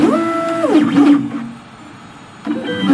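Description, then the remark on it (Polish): A bioprinter's motors whine with steady, buzzy tones that hold, slide down in pitch and stop, leaving a soft hiss before a brief mechanical hum starts up again, as it prints a bionic pancreas with its vascular system layer by layer from two connected syringes. “Mamy pierwszy wydruk, łączy się jedna strzykawka z drugą, tu pracuje drukarka i nagle pojawia się jakiś taki dziwny obły kształt.”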